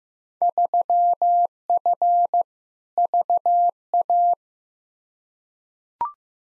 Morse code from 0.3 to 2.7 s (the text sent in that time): 3F